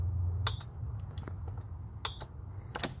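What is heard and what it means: Further pulls on a click-type torque wrench set to 10 ft-lb, tightening a spark plug in the cylinder head of a 2018 Ford F150 2.7 EcoBoost, produce sharp, bright clicks at 0.5 s and 2.1 s over a low background hum, with fainter ticks after each and near the end. The repeated clicks confirm the plug is torqued.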